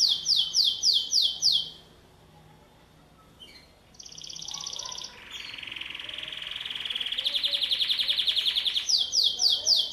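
Canary song opening with quick descending whistled notes, a pause, then buzzy rolls and a loud rapid trill, ending again with falling notes.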